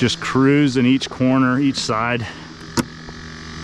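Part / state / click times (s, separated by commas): fishing rods into kayak rod holders / seated / 2.8 s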